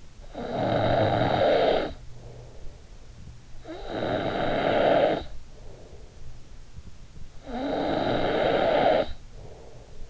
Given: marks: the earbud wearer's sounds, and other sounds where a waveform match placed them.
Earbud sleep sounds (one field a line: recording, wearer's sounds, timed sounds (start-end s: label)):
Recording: sounds in sleep by an in-ear microphone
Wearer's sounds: snoring breath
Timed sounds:
0.00-2.51 s: snoring breath
3.45-6.25 s: snoring breath
7.11-10.10 s: snoring breath